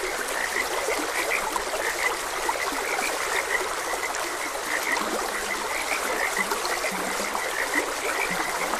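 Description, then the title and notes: Frog chorus with bright repeated chirping notes and a few deeper low croaks, all set against continuous babbling stream water. Frogs croaking beside a gentle stream. "Frogs Croaking. Sleep and Relaxation Podcast"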